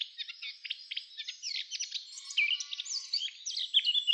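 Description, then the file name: Eurasian blackcap warbling steadily, a busy mix of scratchy twitters and clear slurred whistles that rises slightly in volume throughout. "Sylvia atricapilla"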